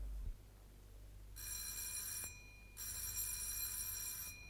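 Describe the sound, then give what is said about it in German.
A doorbell rings twice at Dr. Winkel's home, each a sustained, bright metallic buzzing ring lasting about a second, separated by a short pause, with no voices. “Wenig später klingelt Martins bei Dr. Winkel.”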